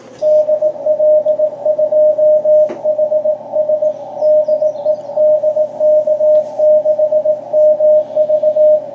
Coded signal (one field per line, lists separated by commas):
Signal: Morse code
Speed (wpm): 18 wpm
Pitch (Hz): 610 Hz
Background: radio noise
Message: DL2HS DE DK6MV